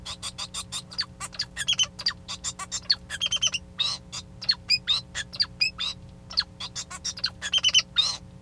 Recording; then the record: song of a male Bengalese finch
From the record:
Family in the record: son of father 2